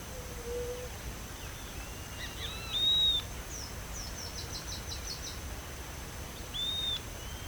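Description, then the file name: Bird calls: short arched whistles and a quick buzzy trill of repeated notes, with a faint lower whistle early on, over constant hiss. "SABIOD 50 bird 2015"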